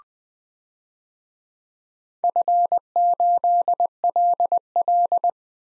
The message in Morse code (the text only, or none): F8LL